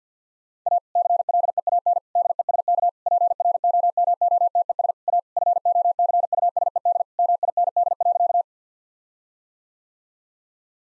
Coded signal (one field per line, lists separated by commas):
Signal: Morse code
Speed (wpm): 50 wpm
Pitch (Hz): 700 Hz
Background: none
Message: A CLEAN DESK PROMOTES A FOCUSED MIND.